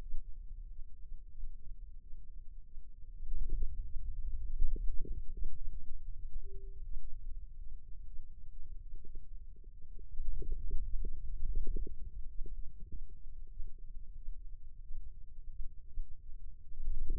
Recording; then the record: forearm muscle sounds (acoustic myography)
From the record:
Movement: ulnar deviation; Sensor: system 2, bracelet of six BSWA MPA416 microphones around the upper forearm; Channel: 6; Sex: male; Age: 22 years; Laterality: right